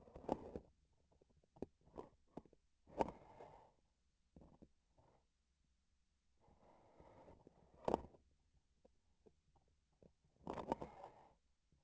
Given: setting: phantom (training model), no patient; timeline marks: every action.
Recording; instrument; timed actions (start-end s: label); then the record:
laparoscopic instrument, vibration sensor on the handle end; grasping forceps
0.13-0.67 s: grasping tissue
2.84-3.18 s: releasing tissue
7.70-8.18 s: grasping tissue
10.40-11.35 s: releasing tissue
From the record:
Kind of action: gesture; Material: synthetic tissue